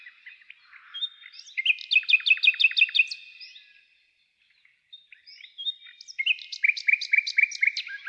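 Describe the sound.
Bird calls: a rapid series of sharp high chirps, a pause of near silence, then another fast repeated chirping run.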